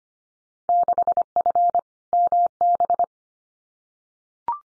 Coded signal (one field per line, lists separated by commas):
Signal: Morse code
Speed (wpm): 25 wpm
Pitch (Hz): 700 Hz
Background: none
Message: 6F MB